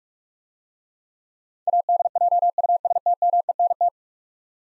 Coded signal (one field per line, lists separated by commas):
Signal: Morse code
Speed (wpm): 42 wpm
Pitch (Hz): 700 Hz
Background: none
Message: ADJUSTMENT